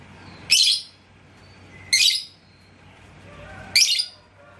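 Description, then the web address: Lovebird giving three harsh, shrill screeches, each under half a second, spaced about one and a half seconds apart. "love-bird suara-lovebird-paud"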